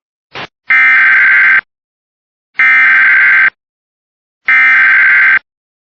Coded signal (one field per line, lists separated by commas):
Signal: Emergency Alert System (SAME) tones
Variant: header bursts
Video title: (Special Message) West Virginia’s missing and endangered juvenile EAS #61